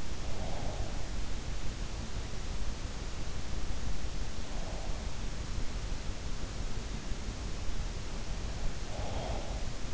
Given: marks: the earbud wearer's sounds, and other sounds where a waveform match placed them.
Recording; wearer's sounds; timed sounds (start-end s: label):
sounds in sleep by an in-ear microphone; breath
0.00-1.50 s: breath
8.36-9.87 s: breath